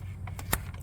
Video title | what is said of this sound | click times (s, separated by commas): common oil leak over looked on 2010 Volkswagen Jetta 2.5l engine..Fixed | and you'll hear it click | 0.5 s